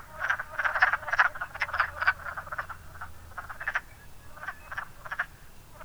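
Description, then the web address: Wood frogs croaking, a lively cluster of clucks at first, then sparser scattered calls. "zoology woodfrog"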